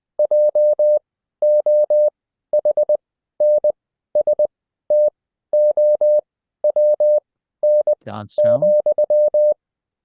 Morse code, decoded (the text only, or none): JOHNSTOWN,